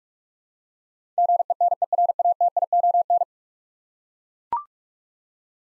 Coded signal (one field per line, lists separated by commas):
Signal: Morse code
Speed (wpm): 42 wpm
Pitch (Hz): 700 Hz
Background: none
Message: GENERATION